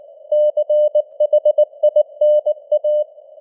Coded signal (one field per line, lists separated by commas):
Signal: Morse code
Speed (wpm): 19 wpm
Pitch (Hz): 600 Hz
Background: none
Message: CHINA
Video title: Morse Code News | 2025-11-18 | 19wpm